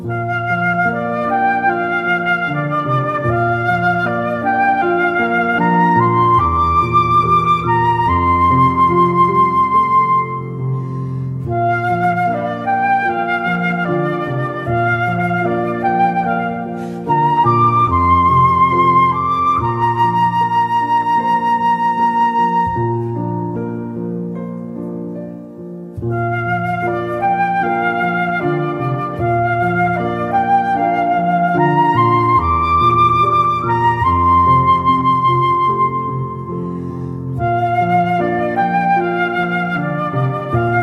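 Recorded during the Okera-mairi New Year's Eve visit at Yasaka Shrine in Kyoto: dense, steady music with sustained, reedy tones and low droning notes. Phrases repeat roughly every twelve seconds, with brief pauses near 11, 17 and 26 seconds.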